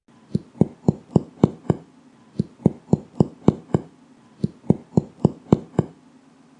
A hyperinflated chest that is being percussed at the point of maximum inspiration. Percussion notes are hyperresonant in lungs that are overinflated.